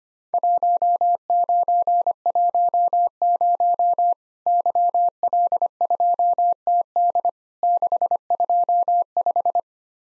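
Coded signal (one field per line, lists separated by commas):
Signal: Morse code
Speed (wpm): 25 wpm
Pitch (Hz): 700 Hz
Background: none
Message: 1910 YL2TD 625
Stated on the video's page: Worked All Europe DX Contest QTC exchange sent at 25wpm as a Morse copying drill, each exchange sent twice.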